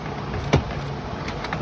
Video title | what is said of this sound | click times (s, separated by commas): 1st Gen Toyota Venza Pano Leak Repair | top one you see that top one's not in | 0.5 s, 1.5 s